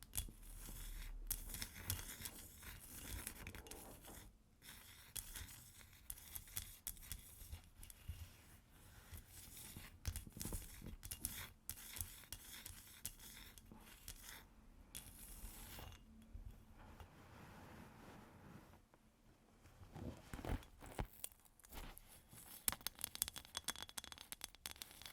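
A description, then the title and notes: Ice is tapped and scratched in a dense, continuous run of crisp clicks and scraping strokes, busy and uneven throughout. Sharp ticks stand out over a rough, gritty scraping bed, with a quieter, thinner stretch around the twenty-second mark before the activity picks up again. ASMR Ice Tapping & Scratching (No Talking).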